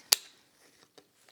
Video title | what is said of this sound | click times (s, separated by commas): Is this Clever Supply Sidekick Pro 2L Camera Bag a keeper? | this is all plastic but it's a pretty premium feeling plastic locks into place really nice | 0.1 s